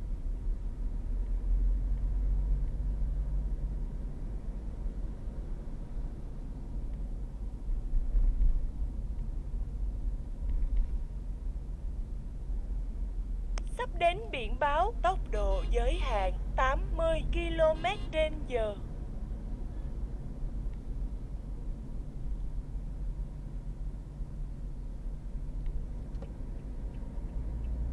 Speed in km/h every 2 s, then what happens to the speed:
36, 40, 42, 40, 38, 35, 34, 35, 41, 43, 40, 40, 40, 46.
0-5 speeds up to 42. 5-13 slows to 34. 13-17 speeds up to 43. 17-24 steady at about 40. 24-28 speeds up to 46.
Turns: none.